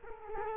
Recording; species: mosquito wingbeat signal from an infrared sensor; Culex quinquefasciatus